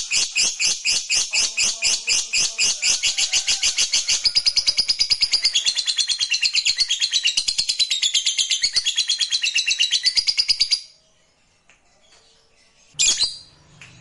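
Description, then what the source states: Lovebird pouring out a long, high, rattling trill of rapid pulses for about ten seconds, then a pause and one sharp squawk. Fighter-type lovebird giving a long ngekek call.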